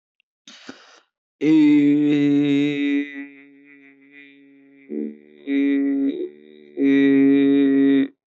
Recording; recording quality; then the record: sustained vowel as in made; excellent, no background noise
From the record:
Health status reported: respiratory illness, not identified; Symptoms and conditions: asthma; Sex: male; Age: 24 years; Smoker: not ticked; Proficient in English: yes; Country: India